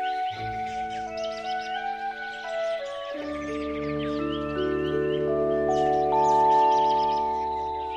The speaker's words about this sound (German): Ein Vogel, den die Eingeborenen Namtambue nennen, erfreut den Forscher durch seinen Gesang.